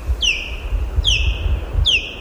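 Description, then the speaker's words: Osprey giving three high, squeaky downslurred whistles, each dropping sharply then trailing off, spaced about eight tenths of a second apart over steady low rumble. Three ospreys flying overhead for twenty minutes, one closely chasing another; recorded at Dauphin Island on the Gulf Coast of Alabama. "And that high-pitched kind of squeaky sound, that's an osprey."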